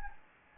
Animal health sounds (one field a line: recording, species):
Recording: mosquito wingbeat signal from an infrared sensor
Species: Anopheles gambiae